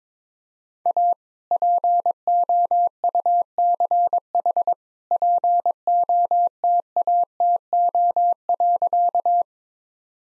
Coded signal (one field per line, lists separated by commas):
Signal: Morse code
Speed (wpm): 21 wpm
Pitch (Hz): 700 Hz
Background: none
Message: A POUCH POTATO.